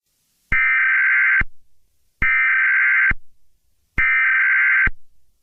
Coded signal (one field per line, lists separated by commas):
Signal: Emergency Alert System (SAME) tones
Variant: header bursts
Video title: EAS Scenario #5: Laughing Jack Rampage of London.